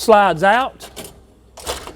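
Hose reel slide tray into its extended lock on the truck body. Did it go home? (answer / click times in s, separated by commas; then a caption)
yes / 1.9 s. Someone talks as the hydraulic hose reel tray on a rescue truck is pulled out on its slide, so the lines don't run against the side of the truck during extrication. At the end of travel it latches into its extended lock on the truck body with a sharp click at 1.9 s, locking in place.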